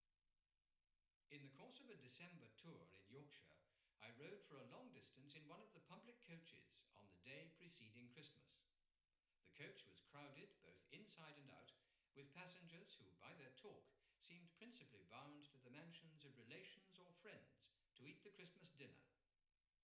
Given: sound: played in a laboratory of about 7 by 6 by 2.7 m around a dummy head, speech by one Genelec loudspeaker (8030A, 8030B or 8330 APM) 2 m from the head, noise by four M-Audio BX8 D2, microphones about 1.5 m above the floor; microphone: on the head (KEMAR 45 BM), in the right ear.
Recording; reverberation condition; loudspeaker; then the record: male speech in English; medium; 30 degrees to the right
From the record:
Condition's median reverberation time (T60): about 510 ms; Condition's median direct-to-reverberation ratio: about -0.5 dB